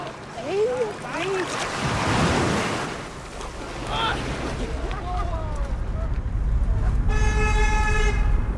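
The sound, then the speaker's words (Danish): Steady rush of passing traffic on a busy road in Copenhagen in grey, overcast weather, with a low rumble, some faint voices, then a loud, sustained car horn blares near the end. “Og her er lyden af en befærdet vej i gråvejr i København.”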